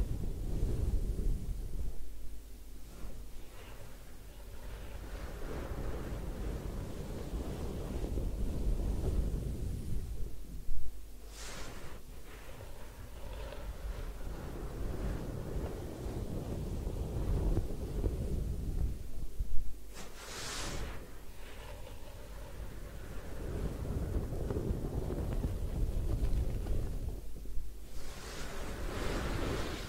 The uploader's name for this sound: Head Spa Hair Wash, Massage, Ear Cleaning